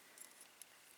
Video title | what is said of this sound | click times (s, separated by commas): Crystal Bling Bling Necklace | just give it a Twist and you hear that click | 0.6 s